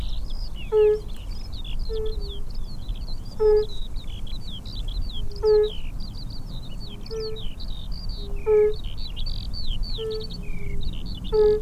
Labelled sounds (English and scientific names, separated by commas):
Fire-Bellied Toad (Bombina bombina) call